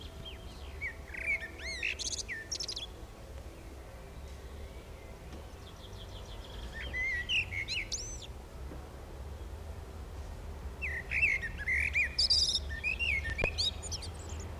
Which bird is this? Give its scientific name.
Turdus merula